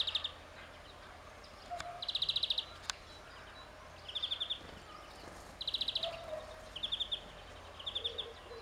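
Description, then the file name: European greenfinch giving several short bursts of rapid rattling trills, each under a second, with a few soft notes and a couple of sharp clicks over low hum. "Chloris chloris"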